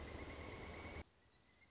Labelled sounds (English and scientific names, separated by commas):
Pileated Woodpecker (Dryocopus pileatus)